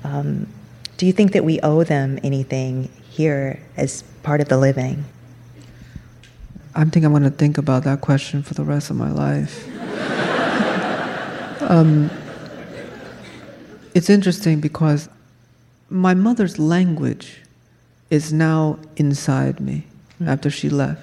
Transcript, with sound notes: Do you think that we owe them anything here as part of the living?
I think I'm going to think about that question for the rest of my life.
(LAUGHTER)
It's interesting because my mother's language is now inside me after she left.